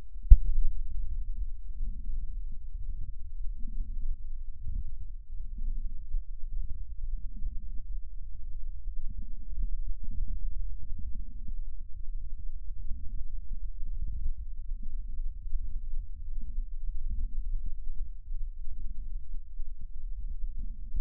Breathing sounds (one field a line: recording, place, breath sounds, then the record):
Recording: lung sounds by stethoscope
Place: right posterior lower chest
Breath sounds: crackles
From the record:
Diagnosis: heart failure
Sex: male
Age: 67 years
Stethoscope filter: bell mode, 20 to 200 Hz